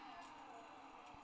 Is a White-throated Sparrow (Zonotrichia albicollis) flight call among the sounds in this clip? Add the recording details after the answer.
no. No flight call is heard. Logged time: 22:47 on 29 November 2014